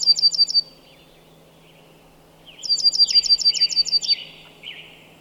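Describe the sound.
Bird song: a rapid run of high, even notes, then a longer burst of about nine similar notes, with softer lower slurred chirps after it.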